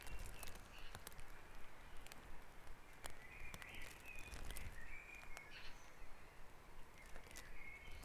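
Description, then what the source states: Birds singing at dawn: soft warbled and whistled notes in short bursts, with crackling clicks and a constant low rumble. Dawn chorus recorded at Back Dragon Avenue, Harrogate, as part of the Sound Map of Harrogate.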